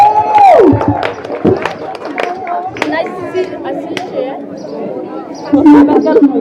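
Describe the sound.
A lively crowd claps and cheers, with a high whooping call at the start and a dense wash of voices and shouts throughout, rising again at the end.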